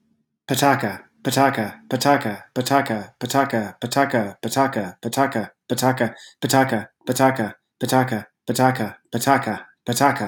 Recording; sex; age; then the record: repeated syllables /pa ta ka/; male; 30 to 39 years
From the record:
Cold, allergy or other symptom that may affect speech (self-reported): no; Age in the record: 39 years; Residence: California, United States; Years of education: 17